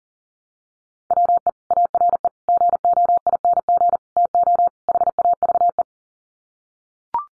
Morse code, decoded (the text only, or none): WE ARE GOING TO HAVE